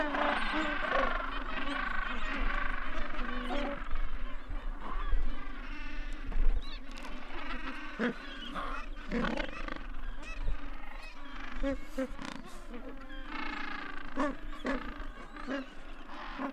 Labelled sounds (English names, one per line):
Gentoo Penguin call